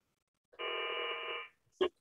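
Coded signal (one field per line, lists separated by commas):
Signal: HF data modem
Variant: VARA FM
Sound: one second of dense buzzing multi-tone data hiss, then a brief click-like burst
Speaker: so i'm going to change his dash 10 to a dash 4. remember that's his individual station so let me try that i'm going to press the little connect button oops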